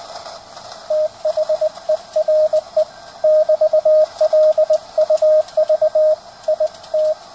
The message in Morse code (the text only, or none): THERE <BT> LUV IT